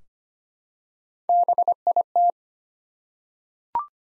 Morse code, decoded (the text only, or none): BIT